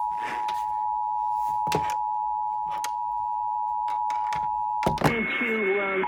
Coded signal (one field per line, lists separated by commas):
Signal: Emergency Alert System (SAME) tones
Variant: 853 and 960 Hz attention tone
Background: speech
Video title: Rhode Island Monthly EAS Test (4/22/22)